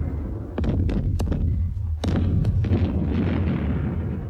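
Cannon fire booms out in a run of sharp, irregular blasts over a constant deep rumble, each report cracking loudly before fading back into the low roar. No one speaks.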